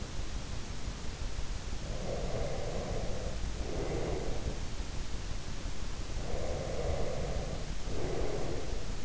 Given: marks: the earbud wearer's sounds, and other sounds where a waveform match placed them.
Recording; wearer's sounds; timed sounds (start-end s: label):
sounds in sleep by an in-ear microphone; breath
1.85-4.60 s: breath
6.20-9.05 s: breath